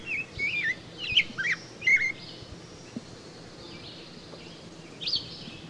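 Rose-breasted grosbeak singing a short run of sweet, slurred whistled notes in quick succession, then a pause and one brief high note, over steady low background noise.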